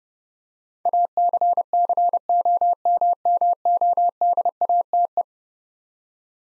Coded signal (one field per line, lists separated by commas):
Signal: Morse code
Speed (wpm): 30 wpm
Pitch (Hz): 700 Hz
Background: none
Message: ACCOMMODATE